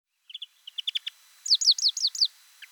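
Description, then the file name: European greenfinch calls: several short chips, then a quick run of five bright downslurred notes and two soft closing chips. "Chloris chloris"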